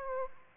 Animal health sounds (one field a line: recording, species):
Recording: mosquito wingbeat signal from an infrared sensor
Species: Aedes aegypti